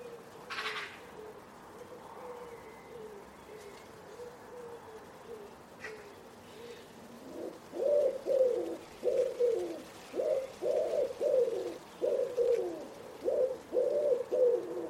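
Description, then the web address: Common Wood Pigeon cooing: after a quieter start, a series of rhythmic coo phrases fills the second half. Bird-only recording from a 2025 soundscape bird dataset. "cianscape. Deverinetal"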